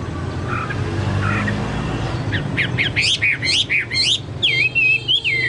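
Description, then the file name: Chinese hwamei song beginning softly, then loud repeated upslurred whistles in a quick series, ending on a long wavering whistle, over steady low background rumble. "hwamei-2-omkicau"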